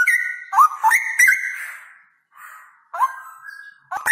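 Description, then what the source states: Straw-headed bulbul song: loud, liquid whistled phrases sliding up and down, broken by a short pause before another swooping burst. Male; loud voice, singing persistently (gacor); long 'roo-el' trills; a masteran recording for training other birds.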